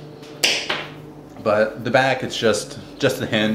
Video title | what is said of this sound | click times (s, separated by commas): Apple 13" Aluminum Macbook Review | just grab the actual piece itself and pop it out but | 0.4 s